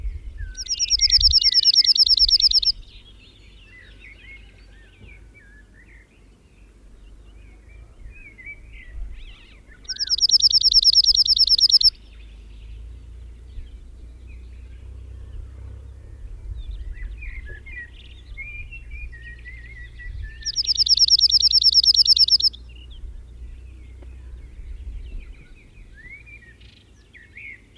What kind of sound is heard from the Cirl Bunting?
song